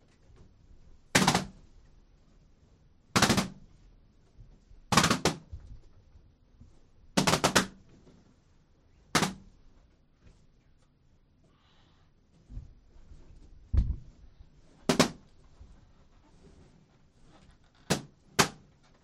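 Balloons are popped one at a time with a needle, each burst a sharp full-range crack with a short ring. About a dozen pops land every second or two, several coming in quick pairs near the end, with soft rustling and thumps between them.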